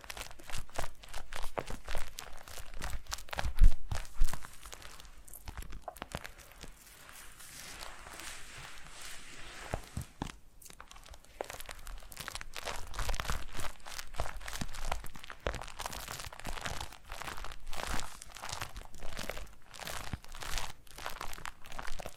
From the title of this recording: Foam Massage